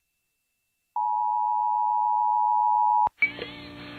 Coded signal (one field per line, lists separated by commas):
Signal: Emergency Alert System (SAME) tones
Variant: 853 and 960 Hz attention tone